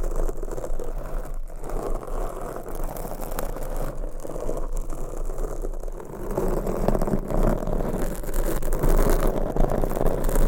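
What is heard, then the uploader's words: Rough scratching on a microphone fills the whole clip as a dense, continuous rasp, mostly low and muffled with a gritty edge. Quick strokes blur into one another, and the scratching grows thicker and louder from about six seconds on. ASMR Mic Scratching - Brain Scratching with 7 Mics Asmr No Talking for Sleep with Long Nails.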